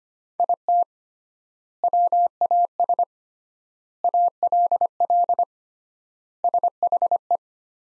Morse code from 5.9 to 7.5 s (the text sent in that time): SHE